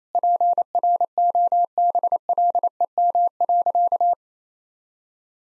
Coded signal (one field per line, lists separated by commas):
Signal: Morse code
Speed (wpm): 28 wpm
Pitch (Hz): 700 Hz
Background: none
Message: PROBLEM.